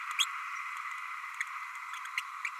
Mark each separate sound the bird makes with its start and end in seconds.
0.18-0.25, 2.17-2.21, 2.44-2.49